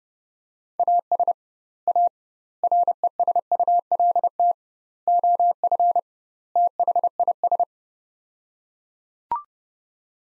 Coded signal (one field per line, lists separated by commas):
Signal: Morse code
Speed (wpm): 30 wpm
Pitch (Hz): 700 Hz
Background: none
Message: AS A RESULT OF THIS